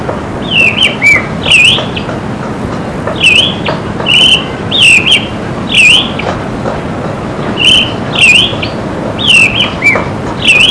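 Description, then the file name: Thrush calls: sharp whistled notes that dip and rise again, given in repeated quick clusters, over a steady low rumble. "zorzal"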